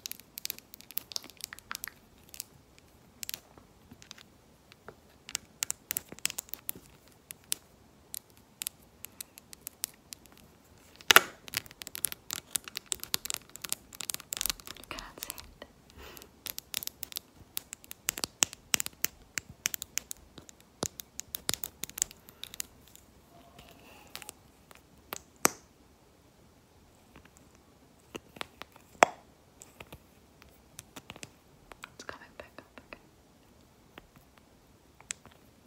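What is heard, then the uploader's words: Fingernails tap on assorted items, sometimes on a screen. The taps come as dense, irregular bursts of sharp, bright clicks with short pauses between them, some louder strikes near 11, 25 and 29 seconds, and a faint crinkling underneath. Tapping on random items, screen tapping, nail tapping.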